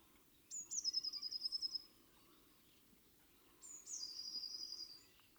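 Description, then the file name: Eurasian blue tit song: two high phrases, each with a sharp introductory note dropping into a fast even trill lasting about a second. "Cyanistes caeruleus"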